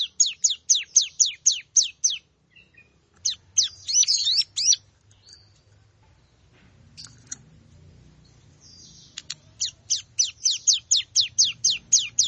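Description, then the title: Plain prinia song: rapid bursts of high, descending notes about four per second, a short jumbled phrase, a quiet pause, then the repeated notes resume. "Ciblek Sawah"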